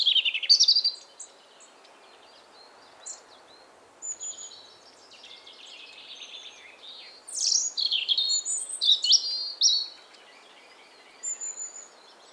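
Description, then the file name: European robin song, high and varied: twittering phrases with sliding whistles and brief pauses, a louder, rich burst near the end. "Erithacus rubecula 240917"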